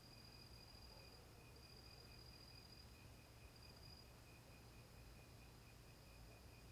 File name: Ambiencia matagal a noite com grilos, morcegos e cachorros longe